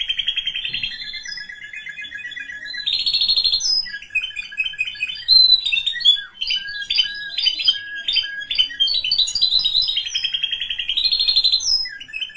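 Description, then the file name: Canary song of rich varied phrases, bright whistles, rapid trills and chattering notes, flowing continuously with shifting pitch. "Canary Voice"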